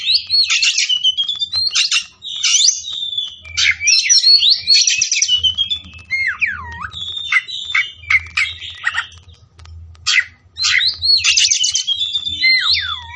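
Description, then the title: Oriental magpie-robin singing a vigorous, varied song with buzzy bursts and looping whistled notes that dip downward, nearly nonstop throughout. Tretes; singing vigorously (gacor). "Kacer Tretes"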